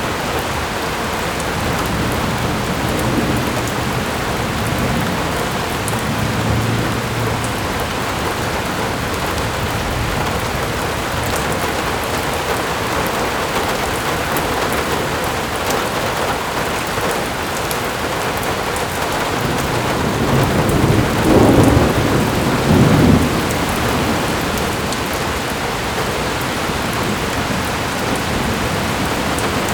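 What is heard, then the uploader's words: Steady, dense rain falls throughout, a constant wash of hiss with many drops pattering on surfaces. A low rumble sits underneath, and around twenty to twenty-three seconds a slightly louder, deeper swell rises, perhaps thunder or a heavier gust of rain. Soggy Wet Rain Ambience.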